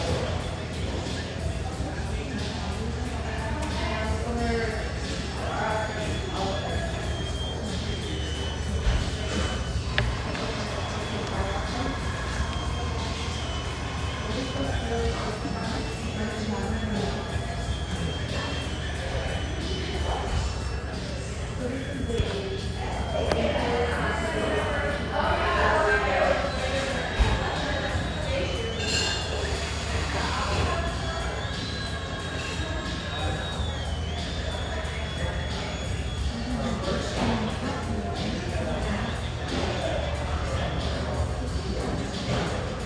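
A busy café in a high-rise, with steady overlapping conversation filling the room and a low, constant music bed underneath. The level stays even throughout, with occasional clinks and thuds of dishes, a sharper one near the 27-second mark.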